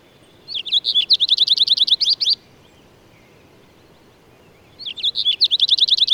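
Bird singing a two-second phrase of rapidly repeated high, slurred notes, followed after a pause by the start of the next identical phrase.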